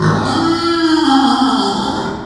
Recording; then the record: squeal of a Yucatan mini pig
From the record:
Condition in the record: after surgery on the right vocal fold (resection and tissue-engineered implant); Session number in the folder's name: 16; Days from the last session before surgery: 183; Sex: female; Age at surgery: 19 weeks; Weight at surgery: 25 kg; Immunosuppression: prednisolone